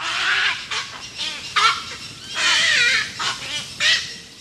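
Cattle egret: harsh, raspy croaking calls repeated in uneven bursts with short pauses between.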